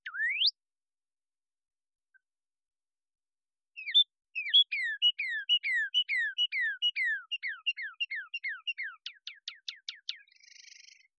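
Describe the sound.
Cardinal song: one rising slurred whistle, a pause, then a long series of clear downslurred whistles quickening into fast rising notes, and a short buzzy ending.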